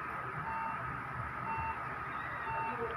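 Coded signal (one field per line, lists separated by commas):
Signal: beep code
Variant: HP desktop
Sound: short mid-pitched beeps repeating about once a second over background hiss and murmur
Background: room noise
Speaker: Okay so nag nagbi lang mga kaibigan nag-beep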